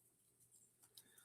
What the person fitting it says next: yeah that pops right in there